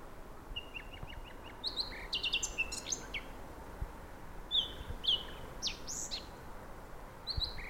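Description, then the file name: Eurasian blackcap opening with a quick row of small ticking notes, then bursts of warbled chirps and bright whistles, over faint background noise. "Sylvia atricapilla"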